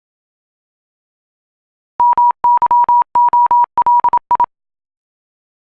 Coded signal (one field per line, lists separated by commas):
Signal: Morse code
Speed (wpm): 27 wpm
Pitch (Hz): 960 Hz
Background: none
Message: MYOLI